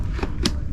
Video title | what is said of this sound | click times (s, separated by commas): LS2 AMERICARBON review #LS2 #carbon #carbonfibre | it's very very nice so basically it clicks in place and then you have to push this button to open it | 0.5 s